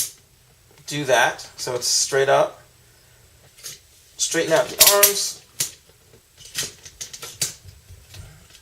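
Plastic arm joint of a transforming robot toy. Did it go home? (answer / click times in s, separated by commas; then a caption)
no / none. Someone talks while straightening out the plastic arms of a Cybertron Metroplex transforming robot toy and trying to lock the arm joints into position. Several small plastic clacks follow, but the arm has not locked into place.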